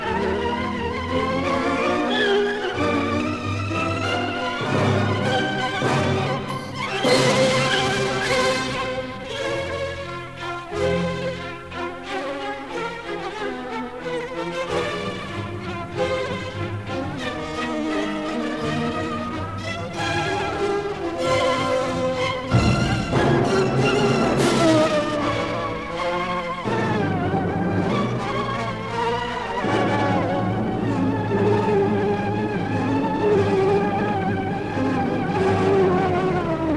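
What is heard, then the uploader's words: A damaged cassette plays dense, warbling music whose tones bend and smear, with a steady low hum and abrupt dropouts and lurches throughout. Distorted Tape. Cassette tape bought at Goodwill in Seattle, WA and physically altered by bending, scratching, stretching, soaking, or otherwise damaging. No digital alterations have been made, other than exporting the audio of the tape with a tape to digital converter (DigitNow!).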